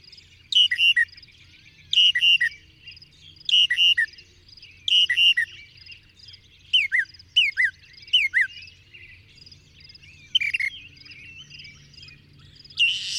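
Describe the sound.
Bird song: a bright chirped phrase repeated about every one and a half seconds, then a run of quick downward-slurred whistles, with faint soft chirping behind.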